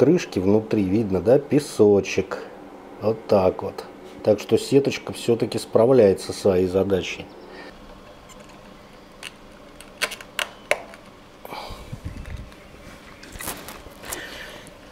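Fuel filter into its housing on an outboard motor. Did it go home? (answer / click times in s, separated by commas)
no / none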